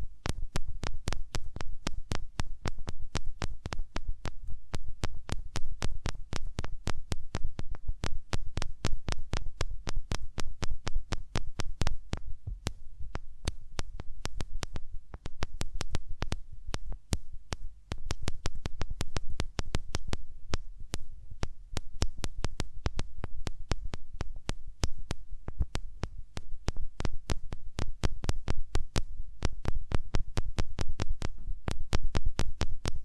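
Hands rub over ears, making a dense, uneven stream of crisp crackles and soft thumps that keeps going for the whole stretch, with a few brief thinner gaps. A low, muffled rumble sits steadily underneath.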